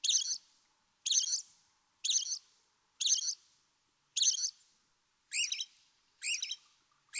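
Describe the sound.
American robin song: short warbled phrases, each under half a second, delivered about once per second with slight changes in pattern; quiet background.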